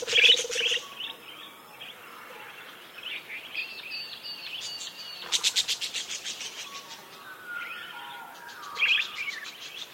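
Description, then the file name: Parakeet flock chatter: high chirps and warbling notes, then a rapid run of buzzy, clicking pulses. A flock of parakeets calling together. "suara kawanan burung parkit"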